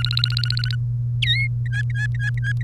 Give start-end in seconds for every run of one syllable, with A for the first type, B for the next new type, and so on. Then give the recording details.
0.00-0.75 A, 1.22-1.47 B, 1.66-2.63 C. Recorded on 1 May 2018 at 13:51. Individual llb3